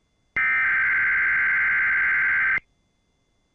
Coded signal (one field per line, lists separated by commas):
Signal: Emergency Alert System (SAME) tones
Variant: header bursts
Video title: EAS 2669: Tennessee Amber Alert